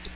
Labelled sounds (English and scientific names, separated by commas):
Black-throated Green Warbler (Setophaga virens) flight call